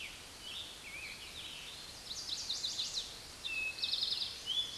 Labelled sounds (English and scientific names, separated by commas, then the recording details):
Chestnut-sided Warbler (Setophaga pensylvanica) song
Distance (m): 40 m
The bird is about 5 m above the microphone
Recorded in a Pennsylvania forest on 16 May 2024 at 06:15
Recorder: AudioMoth, point MSD-2287
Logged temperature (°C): 11.2 °C
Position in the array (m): 107 m, 6 m